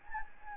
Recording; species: mosquito wingbeat signal from an infrared sensor; Anopheles gambiae